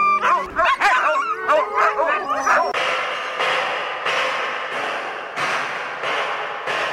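Several agitated dogs bark and yip in quick, high bursts for a few seconds, then break into long, wavering howls that swell and fade in steady, repeating waves, loud and without any talking.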